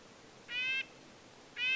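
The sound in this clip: Red-breasted nuthatch calling two nasal, tinny honks.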